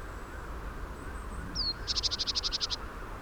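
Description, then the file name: Eurasian blue tit calling: a thin, high falling note, then a fast, even trill of about ten buzzy notes lasting under a second, over a steady low background hiss. "Cyanistes caeruleus"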